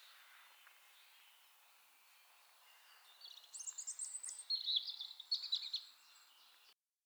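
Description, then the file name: European robin song, fairly soft: a quiet stretch, then about three seconds of high, twittering, fast-changing warbled notes before it cuts off. "Erithacus rubecula"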